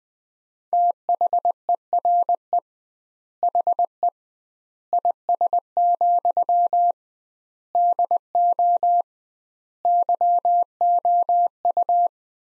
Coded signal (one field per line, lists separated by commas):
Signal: Morse code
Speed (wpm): 21 wpm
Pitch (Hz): 700 Hz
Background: none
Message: THERE HE IS, DO YOU